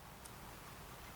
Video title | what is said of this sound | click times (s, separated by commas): Spinning Reel Basics | with a little click and then you can just take your your lure whatever it is | 0.3 s